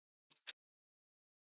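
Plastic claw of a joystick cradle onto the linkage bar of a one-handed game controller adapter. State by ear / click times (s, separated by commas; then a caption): seated / 0.3 s, 0.4 s, 0.5 s. The plastic claw and top hat of a joystick cradle are pressed onto the locking linkage bar of a one-handed adapter for an Xbox Series controller, with a thumb pushing up from the bottom of the analog stick and an index finger pushing down on the top of the bar. Quick plastic clicks sound at 0.3 s and 0.4 s, then a louder snap at 0.5 s as the claw seats onto the bar. The rest of the clip is silent.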